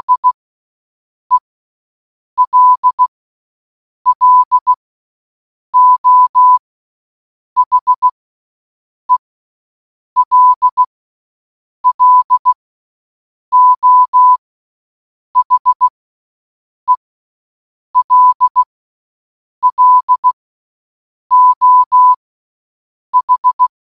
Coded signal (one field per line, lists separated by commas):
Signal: Morse code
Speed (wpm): 16 wpm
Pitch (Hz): 1000 Hz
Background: none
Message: I ELLO HELLO HELLO H